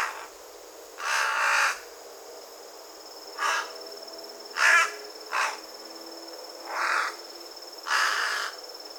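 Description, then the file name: Carrion crow uttering a series of hoarse caws of varying length, some long and drawn out, others short and clipped, irregularly spaced, against a constant faint high-pitched hiss. "Corvus corone"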